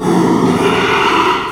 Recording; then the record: squeal of a Yucatan mini pig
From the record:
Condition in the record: after surgery on the right vocal fold (resection and tissue-engineered implant); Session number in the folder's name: 1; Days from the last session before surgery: 6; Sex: male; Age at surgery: 12 weeks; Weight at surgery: 13 kg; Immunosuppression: cyclosporine, prednisolone